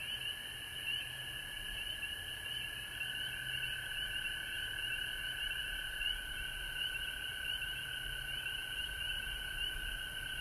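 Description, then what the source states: Frogs calling together in a sustained chorus, high trills with subtle rising sweeps in the upper layer, continuous throughout. Recorded at home in Georgia on March 19, 2020.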